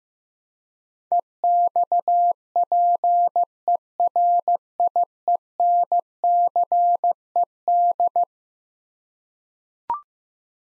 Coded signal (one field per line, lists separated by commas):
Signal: Morse code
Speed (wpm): 15 wpm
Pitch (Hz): 700 Hz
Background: none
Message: EXPERIENCED